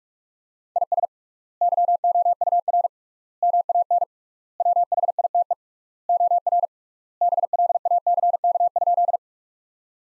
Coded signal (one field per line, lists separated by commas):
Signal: Morse code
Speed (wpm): 46 wpm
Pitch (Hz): 700 Hz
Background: none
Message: IS YOUR MAN WHITE OR BLACK?